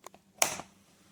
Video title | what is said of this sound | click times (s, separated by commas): Review Sportneer Camping Cot: 31.5’’ Extra Wide Compact Sleeping Cots with Side Pocket - Lightweight | And it clicks into place. | 0.4 s